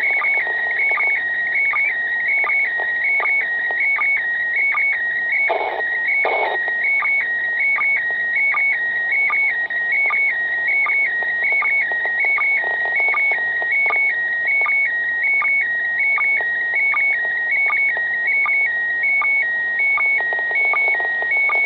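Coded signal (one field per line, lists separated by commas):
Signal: SSTV (slow-scan television)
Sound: steady whistling tone jumping between two pitches, with short low chirps about every 0.75 s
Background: radio static and clicks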